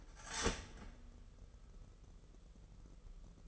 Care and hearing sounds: daily activity, microphone in the room; start toaster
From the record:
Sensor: 4

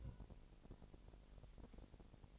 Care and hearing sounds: daily activity, microphone in the room; take from stove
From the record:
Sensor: 5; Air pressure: 1002.0 hPa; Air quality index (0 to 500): 260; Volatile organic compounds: 45 ppm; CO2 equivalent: 3224 ppm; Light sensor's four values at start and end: 19/41/18/20 and 19/41/18/20

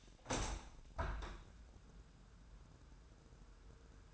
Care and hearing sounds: daily activity, microphone in the room; open window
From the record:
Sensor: 2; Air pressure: 999.8 hPa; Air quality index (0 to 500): 223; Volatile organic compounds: 52 ppm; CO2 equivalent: 3327 ppm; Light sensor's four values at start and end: 8/19/8/8 and 8/20/8/8

